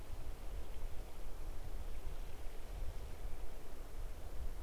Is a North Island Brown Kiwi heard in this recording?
no